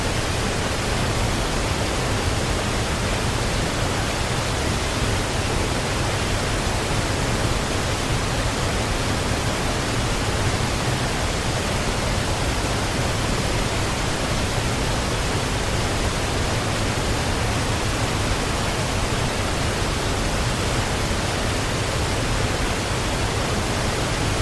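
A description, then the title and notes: A waterfall pours in a steady, unbroken rush that fills everything from a low rumble up to a bright hiss. The loudness never rises or falls across the whole stretch, and no separate splashes, birds or voices stand out from the dense wash. Hawaii Waterfall Sounds White Noise.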